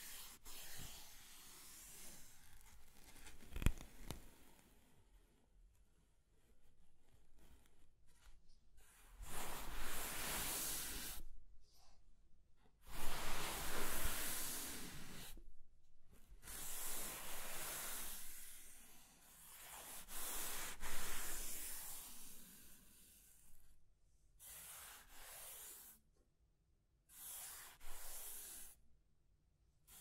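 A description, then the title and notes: Scratching and tracing strokes come in irregular bursts of dry, hissing friction, some a second or two long, others short, separated by near-silent pauses. The strokes swell and fade in loudness, the strongest near the middle, and a sharp click stands out early on. ASMR Mind Tingling Scratching and Tracing Sounds (No Talking).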